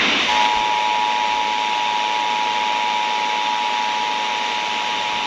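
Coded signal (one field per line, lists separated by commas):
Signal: Emergency Alert System (SAME) tones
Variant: 853 and 960 Hz attention tone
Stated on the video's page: Tornado drill tests.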